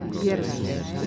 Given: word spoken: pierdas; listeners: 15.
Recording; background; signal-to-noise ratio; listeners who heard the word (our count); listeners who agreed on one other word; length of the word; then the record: one Spanish word in noise, from a listening test; eight-talker babble; 0.2 dB; 0 of 15; 11 of 15; 0.67 s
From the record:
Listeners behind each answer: 11, 1, 1, 1, 1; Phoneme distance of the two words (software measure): 10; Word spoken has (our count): 2 syllables, 7 phonemes, stress on syllable 1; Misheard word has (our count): 2 syllables, 7 phonemes, stress on syllable 1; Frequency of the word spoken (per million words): 1.48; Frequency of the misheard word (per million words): 60.86